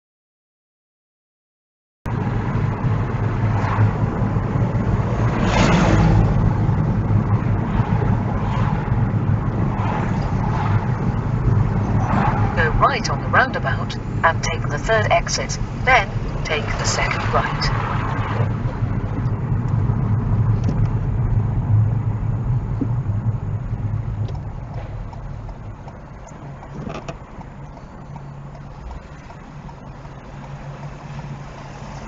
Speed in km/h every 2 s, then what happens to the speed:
34, 34, 32, 31, 31, 26, 26, 26, 23, 19, 15, 10, 3, 0, 0, 0.
0-25 slows to 0. 25-32 standing.